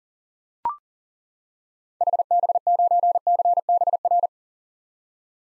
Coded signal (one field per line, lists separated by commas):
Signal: Morse code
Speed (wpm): 37 wpm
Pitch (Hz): 700 Hz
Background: none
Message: HB9CBR